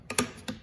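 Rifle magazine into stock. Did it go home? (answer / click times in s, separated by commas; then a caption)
yes / 0.2 s. The fixed magazine of a Chinese SKS rifle is lined up with the notch in the stock, rocked in and pressed down, and it clicks into place at 0.2 s, the loudest of three sharp clicks. A softer click comes just before, at 0.1 s, and another at 0.5 s. The magazine is seated.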